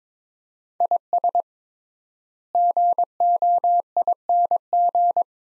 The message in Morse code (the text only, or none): IS GOING